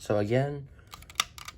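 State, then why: Seated. Someone talks briefly, then the plastic landing gear on a model kit is pulled down again, with several small ticks and a sharp click at 1.2 s. The click seats the gear into its deployed position before it is folded in.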